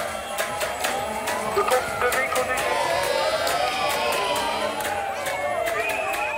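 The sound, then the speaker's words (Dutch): Hundreds of angry demonstrators protest outside a press conference, a dense, continuous din of shouting voices layered with shrill whistles or horns and steady rhythmic banging or clapping throughout. “Ook voor de deur van de persconferentie klonk er boosheid. Honderden demonstranten lieten van zich horen.”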